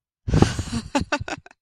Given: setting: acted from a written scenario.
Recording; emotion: vocal sound without words; ecstasy